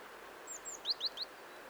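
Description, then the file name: Great tit call: three short, high notes in quick succession, preceded by a couple of faint, thin, higher notes. "Parus major"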